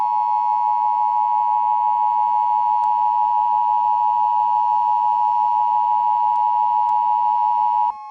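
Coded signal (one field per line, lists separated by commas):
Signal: Emergency Alert System (SAME) tones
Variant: 853 and 960 Hz attention tone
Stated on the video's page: Simulated alert tones in a fictional emergency alert scenario.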